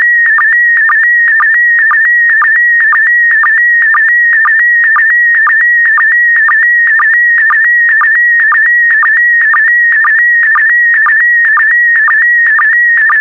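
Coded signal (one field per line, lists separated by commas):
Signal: SSTV (slow-scan television)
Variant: PD120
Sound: steady warbling tone with rhythmic low blips about twice a second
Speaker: transmission complete you can now check your decoded image against the picture that is shown on the video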